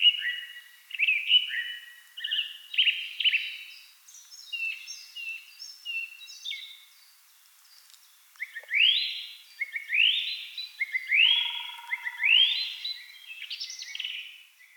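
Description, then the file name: Song thrush singing varied phrases, many repeated several times in succession; sharper high motifs, then after a short pause a run of rising fluty notes. Recorded 28 April 2010. "Singdrossel Turdus philomelos 20100428"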